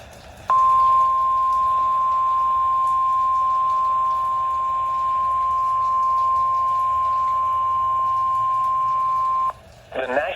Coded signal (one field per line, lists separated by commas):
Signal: Emergency Alert System (SAME) tones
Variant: 1050 Hz attention tone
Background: speech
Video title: (EAS #318) Severe Thunderstorm Warning for Dane, Dodge, and Jefferson, Wisconsin